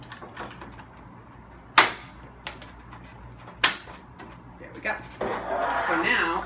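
A quartered plastic lens sample from a lens sample kit is centered over the LED module of a Lithonia Lighting I-BEAM IBG LED High Bay light and pushed down on one side, then the other, to snap it onto the LED channel. Two sharp clicks are heard at 1.8 s and 3.6 s, one for each side, and someone talks near the end. The lens segment is seated securely.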